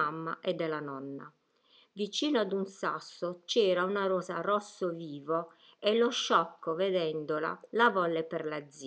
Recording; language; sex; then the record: read passage; Italian; female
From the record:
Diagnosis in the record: healthy control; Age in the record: 61 years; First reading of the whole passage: 67 s, 7.7 characters per second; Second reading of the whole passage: 54 s, 9.6 characters per second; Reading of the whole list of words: 44 s, 6.4 characters per second